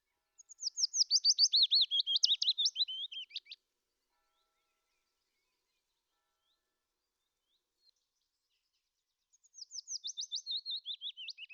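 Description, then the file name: Willow warbler song: a sweet, descending cascade of whistled notes lasting about three seconds, falling from high to lower pitch, then begun again after a long pause and cut off; no other sounds. "fitis"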